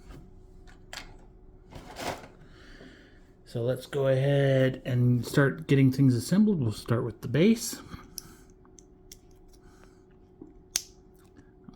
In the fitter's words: okay that actually popped into place like it's supposed to